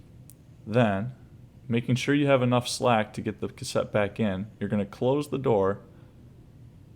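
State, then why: Seated. The other side piece of a register's paper roll cassette is pushed back on, starting at the big side and pushing toward the small side, and it clicks into place on the plastic cassette at 0.3 s with a brief sharp click. After that, someone talks.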